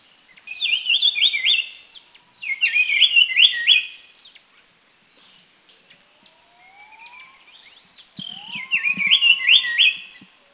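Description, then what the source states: Brown-cheeked fulvetta calls: bright, stepped chirping phrases of quick zigzag notes, given three times, with softer rising whistles in the background. Recorded in northern Thailand.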